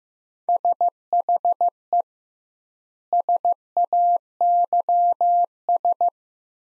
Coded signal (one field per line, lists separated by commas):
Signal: Morse code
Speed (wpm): 15 wpm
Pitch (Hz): 700 Hz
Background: none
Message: SHE SAYS